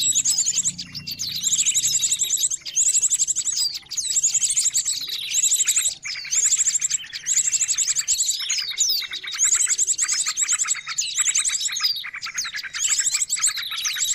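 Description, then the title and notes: Birds in a long, dense chorus, high trilled phrases recurring every second or two above steady busy chattering. Noisy bird calls used to lure birds. "Burung Ribut Pikat"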